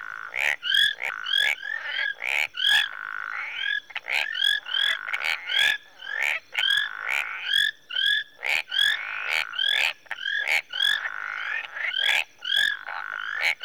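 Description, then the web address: Tree frog chorus of rapid clicky pulses mixed with bright upward-sweeping whistles, many callers overlapping densely with a continuous high buzzing tone in the background. Marsh tree frogs in Rwanda in the early evening. "Sound Effects Library (Africa- The Natural World) Rwanda- Marsh Tree Frogs, early evening"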